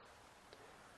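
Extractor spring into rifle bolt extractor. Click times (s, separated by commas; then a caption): 0.5 s. An extractor spring for a rifle bolt is pressed with needle nose pliers into the steel extractor, with slight pressure applied to the spring. Over a steady broadband hiss, one faint, sharp tick lands at 0.5 s as the spring snaps into place and seats.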